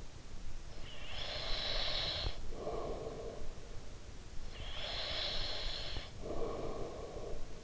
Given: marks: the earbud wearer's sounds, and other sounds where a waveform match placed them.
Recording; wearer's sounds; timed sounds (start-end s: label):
sounds in sleep by an in-ear microphone; breath
0.56-4.20 s: breath
4.33-7.64 s: breath